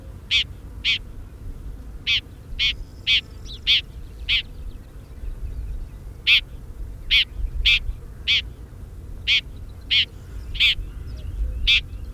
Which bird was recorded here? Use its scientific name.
Lanius collurio